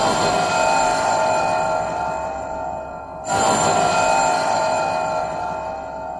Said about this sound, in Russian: Звонят. Звонят. Я должен посмотреть. Кто это может быть?